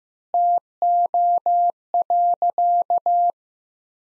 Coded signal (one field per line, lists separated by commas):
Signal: Morse code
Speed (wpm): 15 wpm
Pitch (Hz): 700 Hz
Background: none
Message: TO.